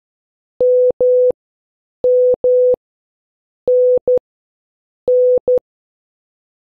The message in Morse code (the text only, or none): MMNN